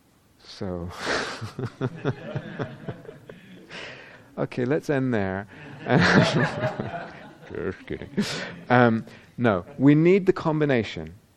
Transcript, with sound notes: So... [laughter] Okay, let's end there. [laughter] Just kidding. No. We need the combination.